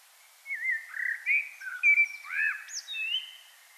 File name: Turdus merula